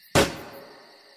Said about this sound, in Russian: А затем, если ответ и последовал, он был заглушен выстрелом часового.